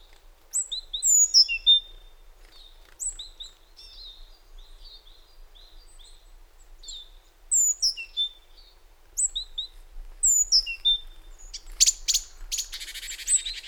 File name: Parus major